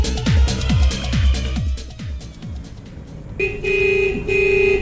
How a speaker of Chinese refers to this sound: 哎呀，真讨厌！ 噪音，噪音！ 哎呀，真讨厌！ 我真伤心。 为了城市的环境和大家的健康，请您不要随意按喇叭。